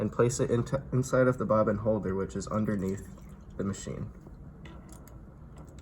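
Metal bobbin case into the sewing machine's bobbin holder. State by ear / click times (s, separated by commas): not seated / none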